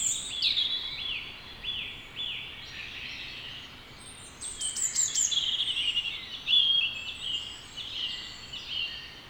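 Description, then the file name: European robin song: descending chains of thin whistled notes at the start, then a longer burst of high twittering and trills later. "Erithacus rubecula"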